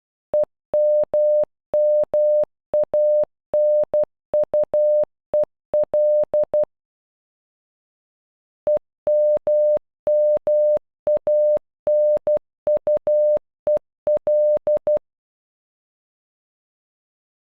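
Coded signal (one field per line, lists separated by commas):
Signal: Morse code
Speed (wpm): 12 wpm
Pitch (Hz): 600 Hz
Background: none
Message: EMMANUEL EMMANUEL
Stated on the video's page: Morse code for a single name, sent at normal and half speed.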